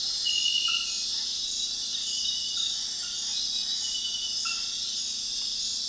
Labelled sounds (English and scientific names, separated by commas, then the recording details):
none
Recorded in dense forest near Puerto Asís, Putumayo, Colombia, on 20 February 2024 at 00:00
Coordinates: 0.502, -76.324
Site G6370